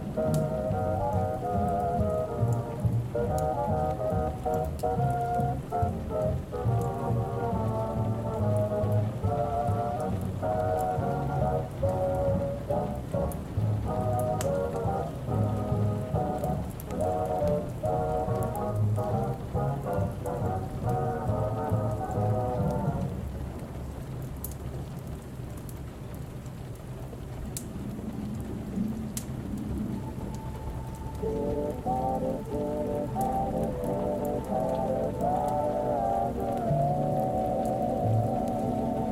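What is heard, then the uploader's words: Oldies play in another room, muffled, with a steady beat and a dull, bass-heavy sound under a faint crackling hiss. Around the 23-second mark the song fades into a quieter gap, and a new tune starts up near 31 seconds. Oldies playing in another room. The fire place is active.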